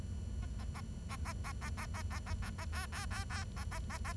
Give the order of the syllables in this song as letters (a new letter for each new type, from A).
A A A A A A A A A A A A A B B B B A A A A